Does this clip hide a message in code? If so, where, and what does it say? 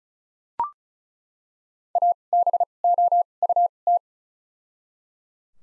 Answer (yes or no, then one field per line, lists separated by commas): yes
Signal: Morse code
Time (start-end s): 2.0-4.0 s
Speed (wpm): 36 wpm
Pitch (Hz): 700 Hz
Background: none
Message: A B O U T